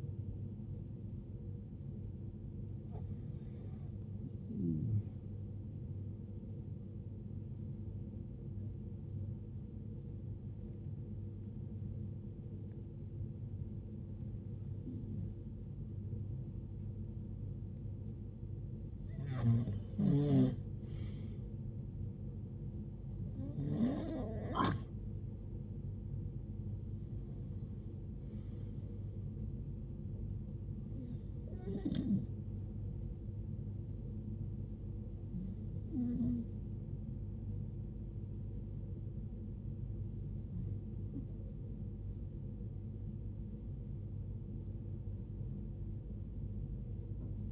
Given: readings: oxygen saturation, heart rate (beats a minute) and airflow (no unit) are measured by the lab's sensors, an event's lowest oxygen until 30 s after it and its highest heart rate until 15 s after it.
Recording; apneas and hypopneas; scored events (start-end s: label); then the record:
breathing in sleep by a smartphone at the bedside; 1
0.00-5.00 s: awake
3.00-47.52 s: new sleep stage, N1 (lightest sleep)
11.00-29.00 s: hypopnea (N1, oxygen 96% highest, then 93% lowest, heart rate 76 at the start, 79 highest)
From the record:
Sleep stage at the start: awake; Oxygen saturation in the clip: 93 to 96%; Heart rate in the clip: 62 to 79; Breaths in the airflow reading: 11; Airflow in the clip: -10.7 to 9.8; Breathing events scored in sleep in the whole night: 389 in 6.3 hours asleep